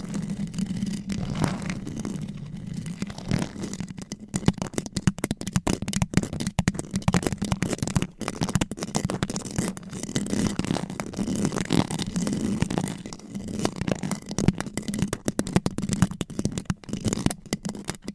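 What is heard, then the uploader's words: Scratching and rubbing on a microphone cover, a dense, continuous run of rough scraping strokes for the full length. A low hum sits underneath throughout, while quick clicks and scuffs come in irregular bursts, with brief dropouts to near silence scattered between them. Mic Scratching Battle with 100 Different MICS ! Bare VS Foam VS Fluffy Covers. No Talking.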